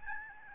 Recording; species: mosquito wingbeat signal from an infrared sensor; Aedes albopictus